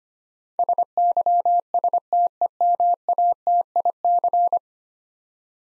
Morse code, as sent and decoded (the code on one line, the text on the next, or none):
... -.-- ... - . -- .- - .. -.-.
SYSTEMATIC